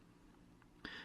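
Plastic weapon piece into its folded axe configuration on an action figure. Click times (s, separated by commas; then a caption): 0.9 s. A plastic weapon piece of a Transformers Generations Deluxe Darkmount action figure is turned over after its parts are slid down and straightened. A faint tick at 0.6 s comes before a sharp plastic click at 0.9 s as the piece locks into its folded axe configuration. The weapon is seated.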